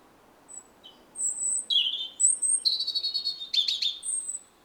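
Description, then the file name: European robin song: brief high whistles lead into a series of quick, tinkling warbles and rattling trills, ending on a thin high note. "Erithacus rubecula"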